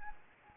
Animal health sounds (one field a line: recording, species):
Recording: mosquito wingbeat signal from an infrared sensor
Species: Anopheles gambiae